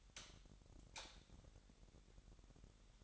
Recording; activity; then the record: daily activity, microphone in the room; light off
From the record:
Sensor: 3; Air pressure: 1011.9 hPa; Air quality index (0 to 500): 228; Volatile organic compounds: 4 ppm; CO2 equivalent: 1696 ppm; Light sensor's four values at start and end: 16/39/16/16 and 13/31/13/13